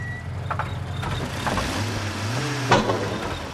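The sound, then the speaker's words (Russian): A car engine rumbles low and steady, its pitch sliding as the car slows, then a brief sharp squeak of brakes as it pulls up and stops at the curb. “тормозит и останавливается у тротуара.”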